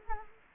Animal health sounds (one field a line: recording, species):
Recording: mosquito wingbeat signal from an infrared sensor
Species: Culex quinquefasciatus